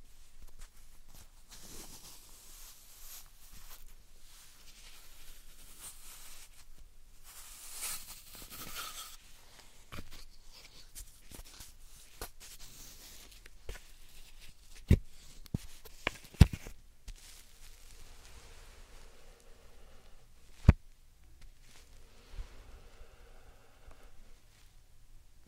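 Slime and sand being handled, with soft crackling, squishing and rustling that shifts in texture over time. A bright hissing swell builds around the seventh to ninth second, and sharp clicks or pops stand out near 15, 16 and 21 seconds.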